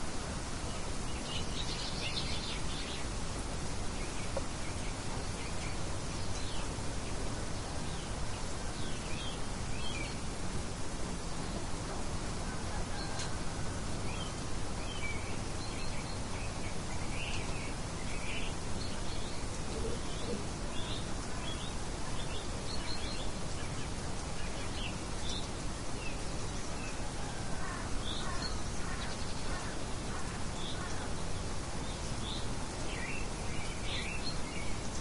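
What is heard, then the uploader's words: Scattered soft bird chirps and short calls drift over a steady, hushed hiss of forest air, with a faint low rumble beneath. Snowy Forest with Birds Singing. Soft sounds of birds chirping overhead.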